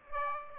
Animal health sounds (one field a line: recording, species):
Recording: mosquito wingbeat signal from an infrared sensor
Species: Aedes aegypti